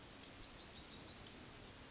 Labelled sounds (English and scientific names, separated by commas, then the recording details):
Yellowhammer (Emberiza citrinella) song
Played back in forest
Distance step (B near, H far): E
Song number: 127